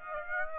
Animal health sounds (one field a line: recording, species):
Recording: mosquito wingbeat signal from an infrared sensor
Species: Aedes aegypti